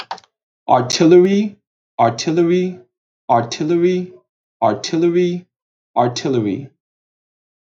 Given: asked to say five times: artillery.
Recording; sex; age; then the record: repeated word; male; 20 to 29 years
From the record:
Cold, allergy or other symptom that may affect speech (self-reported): no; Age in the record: 24 years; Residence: New York, United States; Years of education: 16